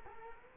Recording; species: mosquito wingbeat signal from an infrared sensor; Culex quinquefasciatus